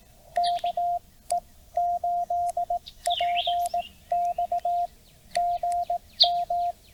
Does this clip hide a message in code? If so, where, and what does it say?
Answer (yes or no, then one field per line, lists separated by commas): yes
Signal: Morse code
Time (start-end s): 0.4-6.7 s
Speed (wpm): 18 wpm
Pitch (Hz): 700 Hz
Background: none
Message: KE8PX GM